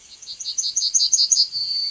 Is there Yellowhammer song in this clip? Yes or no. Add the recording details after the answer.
yes. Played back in forest. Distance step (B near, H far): B. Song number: 136